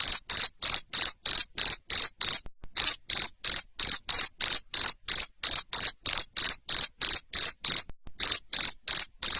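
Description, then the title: Cricket chirping loudly, shrill pulses repeated about three times a second in a steady run, with a couple of brief pauses; no other sounds. Loud cricket chirping, played to stimulate lovebirds to sing continuously. "Suara JANGKRIK NGERIK Keras Bikin LOVEBIRD Jadi NGEKEK Terus"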